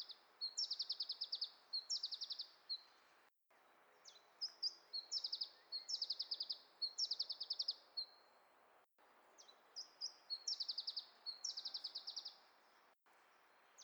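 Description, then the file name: Iberian chiffchaff singing high phrases, each a few quick notes then a fast trill, repeated in succession with faint background noise. "iberischer zilpzalp"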